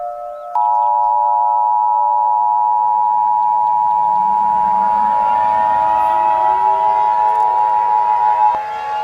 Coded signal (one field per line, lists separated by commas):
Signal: Emergency Alert System (SAME) tones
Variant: 853 and 960 Hz attention tone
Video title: EAS Scenario - if the Kinebastards attack across the US